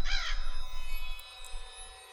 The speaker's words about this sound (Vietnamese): Cho đến khi họ hoàn tất mọi việc và rời đi, thì con quạ mới cất cánh lao vụt lên tầng không, vọng lại ba tiếng quạ quạ đầy ai oán.